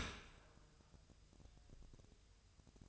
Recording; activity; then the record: daily activity, microphone in the room; open dishwasher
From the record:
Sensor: 2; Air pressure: 1004.6 hPa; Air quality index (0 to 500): 106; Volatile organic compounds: 2 ppm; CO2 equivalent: 1286 ppm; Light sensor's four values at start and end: 6/15/6/6 and 6/15/6/6